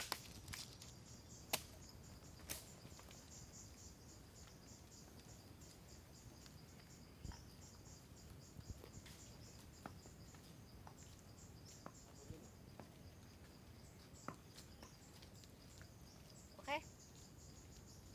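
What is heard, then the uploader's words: Bamboo is cut in Chiang Mai, Thailand: sharp, isolated cracks and knocks land every second or few seconds, with a louder strike near the end. A steady, high insect trill runs throughout over a low, rumbling background. The sound of bamboo being split, hacked and shaved in Chiang Mai, Thailand. Recorded by Alex Boyesen. Bamboo being cut, Thailand.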